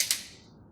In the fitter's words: then when you hear the clicks, that's pretty good.